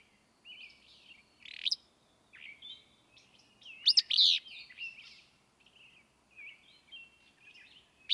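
Willow flycatcher delivering a few brisk, buzzy phrases amid quieter chirps and twitters.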